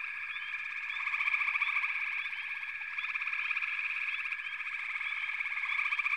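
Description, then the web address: Frog chorus, many overlapping trilling calls forming a steady shimmering drone with short chirps scattered through it. "The Natural Sounds of the Wilderness 10 CDs collection Echoes of Nature - Sampler 08 Frog Chorus"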